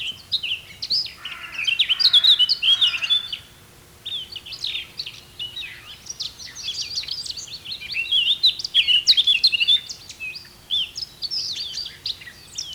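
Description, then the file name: Eurasian blackcap song: a rich, rambling warble of quick high notes in two long bursts, with a brief quiet gap between them. "Sylvia atricapilla"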